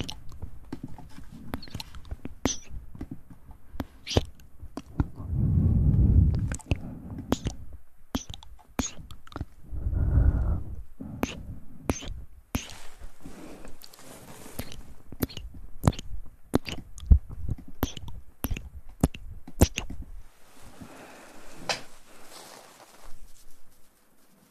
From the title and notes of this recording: ASMR Mouth Sounds & Ear Play.